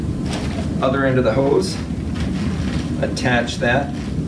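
Someone talks while handling the end of the breathing hose of a powered air-purifying respirator (PAPR), bringing it to the hood or blower connection over a steady low rumbling background. The hose coupling has not clicked into place yet.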